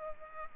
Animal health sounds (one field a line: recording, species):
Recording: mosquito wingbeat signal from an infrared sensor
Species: Culex pipiens